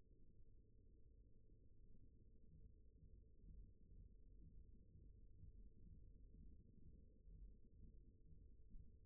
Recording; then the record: forearm muscle sounds (acoustic myography)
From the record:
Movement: rest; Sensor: system 1, eight BSWA MPA416 microphones around the upper forearm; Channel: 1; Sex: male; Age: 54 years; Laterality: right